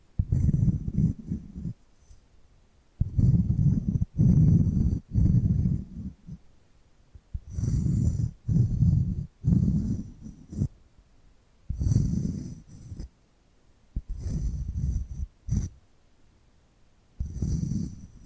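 Scratching comes in rough, low, rasping bursts about a second long, separated by brief silences, with a thin high hiss riding on many strokes. The rhythm stays fairly regular throughout, and a single sharp tap stands out near the fifteen-second mark.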